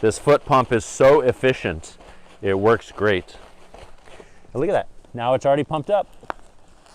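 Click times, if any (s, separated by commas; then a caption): 6.3 s. A plastic air valve cap on an inflatable double sleeping pad, freshly inflated with its foot pump, is pushed down until it locks. Someone talks through most of the clip, then a single sharp click sounds at 6.3 s as the cap snaps shut and seats.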